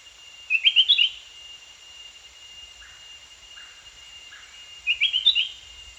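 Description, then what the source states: Spectacled bulbul call, a quick cluster of bright chirpy notes given twice, with faint lower notes and a steady high insect hum. Danum, 1 January 2008.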